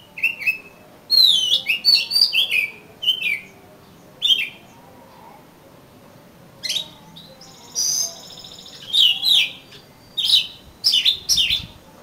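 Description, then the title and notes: Oriental magpie-robin song of clear whistles and scratchy notes in clustered bursts separated by short silences, some phrases rising high and sharp. "suara kacer. kumpulan suara burung kacer"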